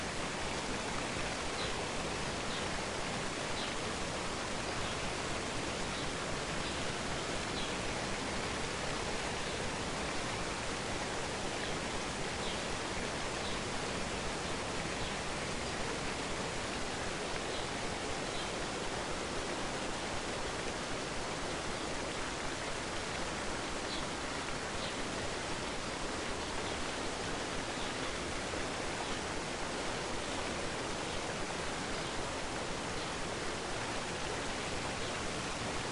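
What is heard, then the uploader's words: A waterfall pours in a dense, unbroken roar that stays steady for the whole stretch, with no pauses or swells. The sound is full, filling low rumble through bright hiss evenly, with only small flickers of splashing texture on top. A Relaxing Waterfall With Therapeutic Forest Soundscapes.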